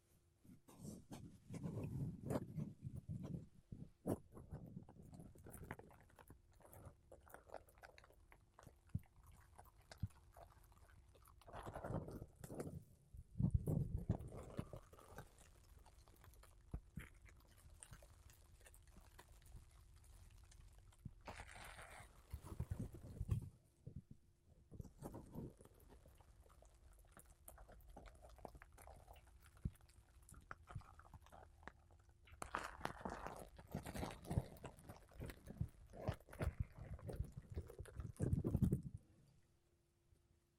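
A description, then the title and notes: Close, soft brushing and rubbing against a microphone, coming in dense bursts around 0–5, 12–14, 22–24 and 33–39 seconds over a faint steady hum. ASMR Mic Brushing Using Makeup Brushes and Sponge (No Talking).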